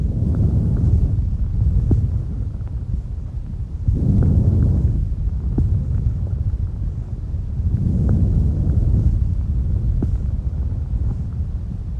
The softest normal breath sounds, which are known as bronchovesicular or vesicular breath sounds as they might be heard over the thoracic lung fields. These sounds are simply tracheal and bronchial sounds that are transmitted through the lung parenchyma and chest wall. Note that they are heard much better on inspiration, they are nearly silent or even absent in some animals on expiration.